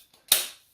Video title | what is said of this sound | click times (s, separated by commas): JINIHFW Foldable Collapsible Outdoor Utility Wagon Cart with All-Terrain Wheels Unboxing & Review | Those will click in place. | 0.3 s